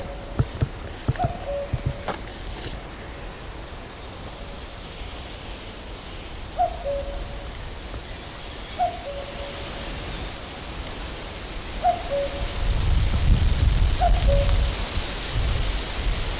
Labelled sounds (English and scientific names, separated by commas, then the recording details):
Common Cuckoo (Cuculus canorus)
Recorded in the wild
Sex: male
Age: adult
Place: Mühlenbecker Wald, Brandenburg, DE
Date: 1997-06-07 13:50
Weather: ca. 26°C, heiter, böiger Wind
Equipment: Nagra SN, Kopie Uher 4000 Report Monitor
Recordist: Tembrock, Günter
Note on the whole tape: Männchen: Rufe